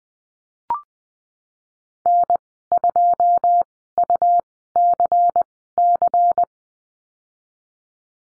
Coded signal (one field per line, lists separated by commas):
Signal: Morse code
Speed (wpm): 20 wpm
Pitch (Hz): 700 Hz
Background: none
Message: N2UCC